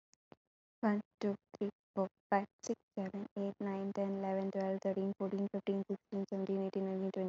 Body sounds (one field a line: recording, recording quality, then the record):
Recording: counting at a fast pace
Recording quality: excellent, no background noise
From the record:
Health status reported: COVID-19 positive, no symptoms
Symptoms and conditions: none ticked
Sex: female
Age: 23 years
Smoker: not ticked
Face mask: worn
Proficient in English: yes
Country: India